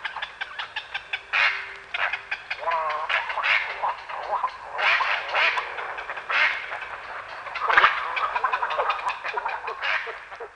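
Little egrets calling in a noisy chorus of harsh, gargling croaks and squawks from many birds, overlapping continuously, with a wavering nasal note near three seconds.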